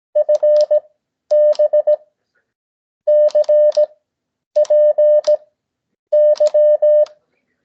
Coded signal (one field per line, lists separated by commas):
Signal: Morse code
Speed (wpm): 17 wpm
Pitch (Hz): 590 Hz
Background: none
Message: FB CPY